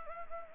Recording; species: mosquito wingbeat signal from an infrared sensor; Anopheles gambiae